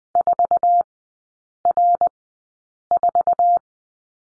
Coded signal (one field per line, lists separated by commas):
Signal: Morse code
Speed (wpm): 20 wpm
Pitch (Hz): 700 Hz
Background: none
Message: 4R4